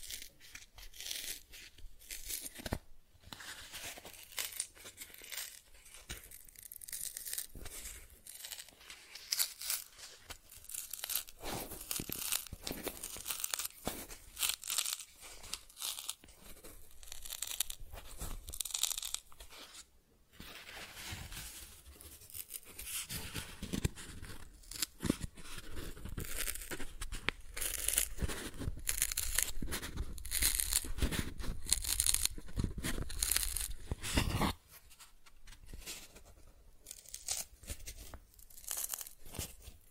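Cardboard is scratched, traced and torn in dense, uneven bursts of rough scraping and crinkling that fill the whole 40 seconds. Loud ripping pushes hardest around 25 to 35 seconds, with brief quiet gaps near 3, 20 and 35 seconds.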